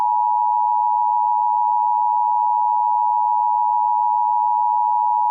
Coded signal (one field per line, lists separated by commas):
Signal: Emergency Alert System (SAME) tones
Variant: 853 and 960 Hz attention tone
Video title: Eas scenario-the killer